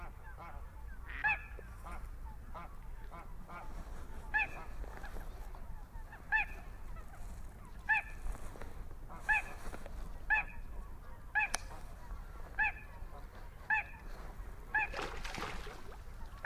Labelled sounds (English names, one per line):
Little Crake